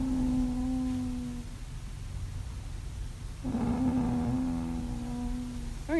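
Two drawn-out, steady-pitched voiced sounds, each lasting one to two seconds with a pause between, from an adult woman asleep. They sound like a low groan or moan more than a rasping snore, a groaning, moaning snore that can sound as if the sleeper is awake. A faint hiss sits underneath.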